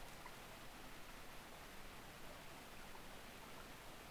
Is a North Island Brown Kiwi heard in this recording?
no